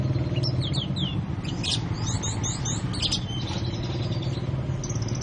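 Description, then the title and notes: Oriental magpie-robin song: a quick run of high, clear whistled and slurred notes over a steady low rumbling hum. "Kicau Kacer. manukmanukan"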